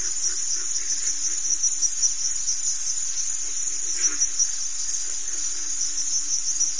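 High, constant cricket trilling fills the recording, with gentle lower pulsing and a faint brief note midway.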